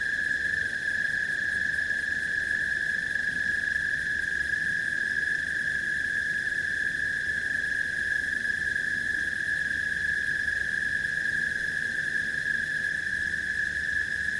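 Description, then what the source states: Cricket chorus as a continuous, level high-pitched ringing that never pauses or changes pitch across the whole stretch. Crickets at night.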